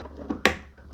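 The other end of a cable connector is pushed into a motherboard header and seats with one strong, sharp click at 0.5 s, with a few softer handling taps before and after. The connector is fully seated.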